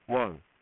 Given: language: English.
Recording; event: throat vibration sensor signal played as sound; speech